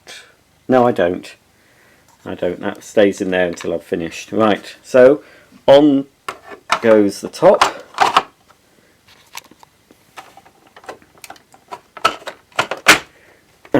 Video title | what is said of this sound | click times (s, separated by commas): Maytag U5131 Upright Vacuum Cleaner Unboxing & Assembly | Well, it didn't snap into place, but that | none